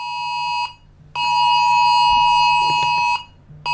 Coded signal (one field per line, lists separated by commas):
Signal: Emergency Alert System (SAME) tones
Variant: 853 and 960 Hz attention tone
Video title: Rating eas alarm alt